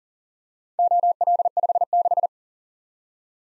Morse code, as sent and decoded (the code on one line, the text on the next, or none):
--- .-.. ..... -....
OL56